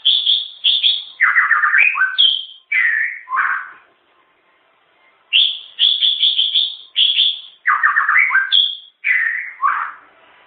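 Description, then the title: White-rumped shama song in fast bursts of sharp high notes and descending slurred whistles, in two phrases separated by a short gap. Wild, natural song from the forest. "Kicau Asli Murai Batu Hutan"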